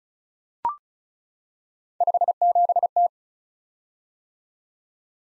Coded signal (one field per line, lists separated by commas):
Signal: Morse code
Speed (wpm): 36 wpm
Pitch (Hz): 700 Hz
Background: none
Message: 57T